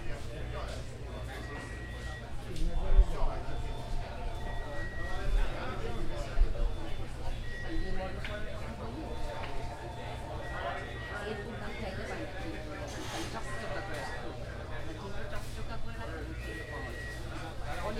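Lunch crowd at a busy market: many voices overlap in a steady, dense chatter over a constant low rumble. Short, thin beeps repeat every few seconds throughout, and a brief louder burst of sound comes near the start.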